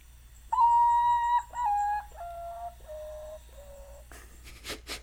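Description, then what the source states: Common Potoo call, a five-note series of long, hollow whistles sliding down in steps and fading; a few noises follow. Call played again; described as pathetic at the end and reminiscent of an ocarina.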